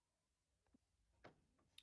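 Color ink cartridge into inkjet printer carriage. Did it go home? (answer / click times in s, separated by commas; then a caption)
yes / 1.8 s. A color ink cartridge is slid into the left slot of the carriage of an HP DeskJet 4310 inkjet printer and given one firm push. A broad thump sounds at 1.3 s, then a sharp, bright click at 1.8 s as the cartridge seats in place.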